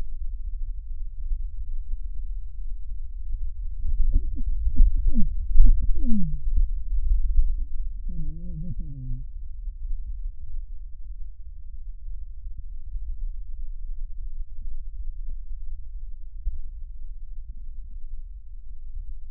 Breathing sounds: lung sounds by stethoscope; left posterior basal chest; quiet breathing, then cough and speech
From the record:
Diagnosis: COPD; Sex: male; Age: 77 years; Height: 164 cm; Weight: 58.2 kg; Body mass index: 21.6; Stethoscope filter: bell mode

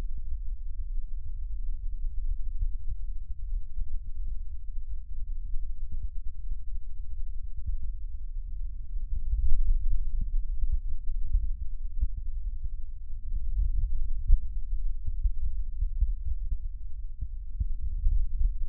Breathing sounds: lung sounds by stethoscope; right posterior basal chest; quiet breathing, then deep breathing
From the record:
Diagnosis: COPD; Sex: male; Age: 80 years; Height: 171 cm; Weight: 75 kg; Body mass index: 25.6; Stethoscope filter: bell mode

